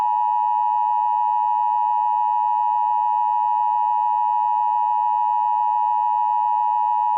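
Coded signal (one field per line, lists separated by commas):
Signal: Emergency Alert System (SAME) tones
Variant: 853 and 960 Hz attention tone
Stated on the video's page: Fake Severe Thunderstorm Warning alert, not a real broadcast.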